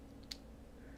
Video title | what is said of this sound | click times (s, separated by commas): "Birthday Cake" for a Birthday stream start - Stitch With Me #25 | So, it kind of just snaps into place like this. | 0.3 s